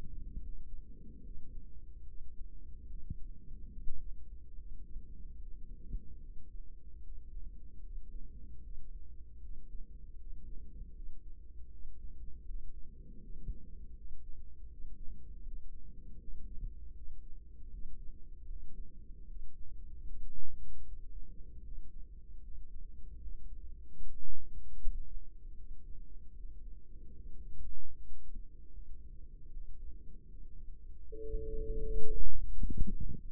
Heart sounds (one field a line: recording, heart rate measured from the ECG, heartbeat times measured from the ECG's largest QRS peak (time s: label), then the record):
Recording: heart sounds by microphone in the right ear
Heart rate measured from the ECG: 77 bpm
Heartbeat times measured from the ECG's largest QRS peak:
0.37 s: heartbeat
1.20 s: heartbeat
2.04 s: heartbeat
2.85 s: heartbeat
3.70 s: heartbeat
4.54 s: heartbeat
5.36 s: heartbeat
6.18 s: heartbeat
7.01 s: heartbeat
7.81 s: heartbeat
8.61 s: heartbeat
9.39 s: heartbeat
10.16 s: heartbeat
10.92 s: heartbeat
11.69 s: heartbeat
12.44 s: heartbeat
13.18 s: heartbeat
13.94 s: heartbeat
14.67 s: heartbeat
15.41 s: heartbeat
16.17 s: heartbeat
16.92 s: heartbeat
17.69 s: heartbeat
18.45 s: heartbeat
19.25 s: heartbeat
20.04 s: heartbeat
20.82 s: heartbeat
21.61 s: heartbeat
22.39 s: heartbeat
23.17 s: heartbeat
23.96 s: heartbeat
24.75 s: heartbeat
25.54 s: heartbeat
26.33 s: heartbeat
27.12 s: heartbeat
27.92 s: heartbeat
28.71 s: heartbeat
29.49 s: heartbeat
30.27 s: heartbeat
31.05 s: heartbeat
31.82 s: heartbeat
32.56 s: heartbeat
33.28 s: heartbeat
From the record:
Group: healthy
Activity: rest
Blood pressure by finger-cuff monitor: 102/72 mmHg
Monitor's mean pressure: 83 mmHg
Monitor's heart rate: 76 bpm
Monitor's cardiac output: 5.8 L/min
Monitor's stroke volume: 76 mL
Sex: female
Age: 32 years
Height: 172 cm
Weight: 71.7 kg